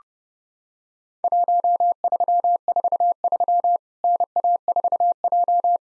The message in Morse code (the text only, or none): 1343 NA4J